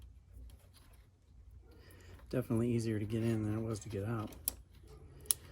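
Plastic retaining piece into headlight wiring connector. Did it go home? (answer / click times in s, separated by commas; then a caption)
yes / 5.3 s. A second plastic retaining piece on the headlight wiring connector of a 2020 Jeep Gladiator, fitted for Mopar LED halo headlight wiring, is pressed back into place. Someone talks from about 2.3 to 4.3 s, then after a few faint handling sounds a loud, sharp click sounds at 5.3 s as the piece snaps back and seats.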